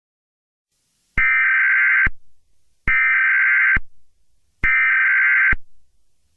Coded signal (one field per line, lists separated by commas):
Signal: Emergency Alert System (SAME) tones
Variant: header bursts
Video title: EAS Scenario: The Demon Clown And The Headless Bunny (LOUD NOISES WARNING)